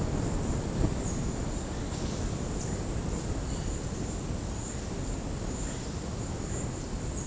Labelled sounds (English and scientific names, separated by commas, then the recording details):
none
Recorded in dense forest near Puerto Asís, Putumayo, Colombia, on 19 February 2024 at 12:00
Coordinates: 0.486, -76.316
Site G6437